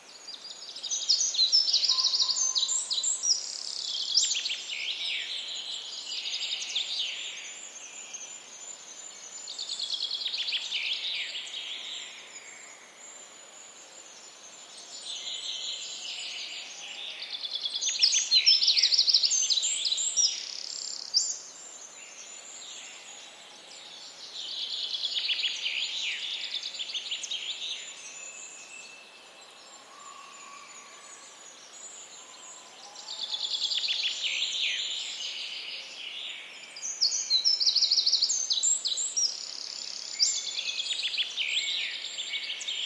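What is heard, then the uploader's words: A dawn chorus in a coniferous forest, with many birds singing at once in bright, high trills and chirps. The song swells in repeated bursts every few seconds and never fully stops, while a faint low whistle occasionally sounds. Lush Dawn Chorus. Beautiful birdsong early in the morning at a coniferous forest in the remote parts of Scotland. Recorded with Sound Devices 633 and Sennheiser DMS mics.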